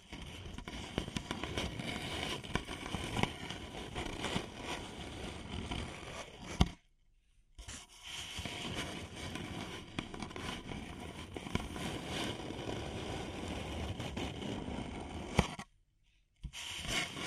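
Paper cup tingles: dense, steady crinkling and scratching on a paper cup, full of quick crackly taps across low and bright tones. The handling stops abruptly for about a second near 7 seconds, with a sharp knock just before, and again around 16 seconds.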